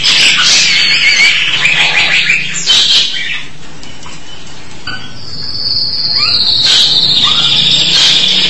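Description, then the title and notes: Starling song with varied whistles, rasping notes and a long high drawn-out whistle midway, delivered in a continuous jumbled stream over low background hum. "suara burung jalak"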